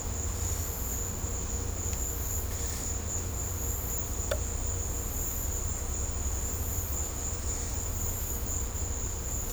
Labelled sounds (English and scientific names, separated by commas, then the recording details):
none
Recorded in secondary vegetation near Puerto Asís, Putumayo, Colombia, on 18 December 2024 at 15:00
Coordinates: 0.502, -76.326
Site G028